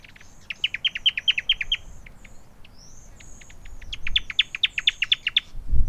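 Newtonia producing rapid series of crisp chipping notes in two main bursts, with thin high whistled notes and a low thump near the end.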